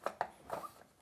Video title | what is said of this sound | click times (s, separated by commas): Let's Create a Spotify Color E-Ink Desk Thing (Tutorial) | It'll just kind of pop into place. | 0.1 s, 0.2 s